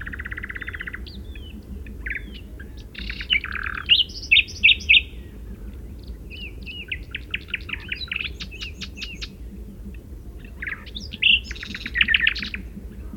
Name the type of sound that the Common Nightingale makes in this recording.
song